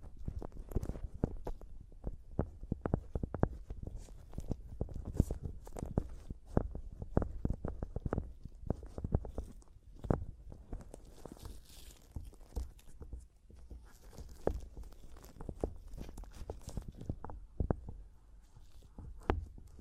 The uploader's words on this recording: ASMR Mic Tapping and Scratching (No Talking).